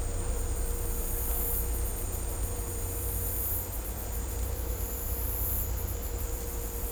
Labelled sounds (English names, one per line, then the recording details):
none
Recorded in dense forest near Puerto Asís, Putumayo, Colombia, on 16 December 2024 at 15:30
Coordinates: 0.503, -76.323
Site G043